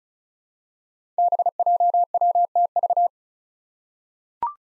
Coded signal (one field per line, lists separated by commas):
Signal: Morse code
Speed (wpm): 36 wpm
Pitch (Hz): 700 Hz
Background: none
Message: BJWTV